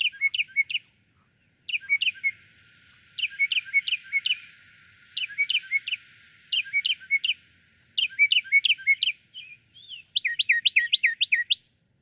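Northern mockingbird song: quick groups of sharp chirping notes repeated several times with short pauses.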